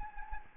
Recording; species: mosquito wingbeat signal from an infrared sensor; Anopheles gambiae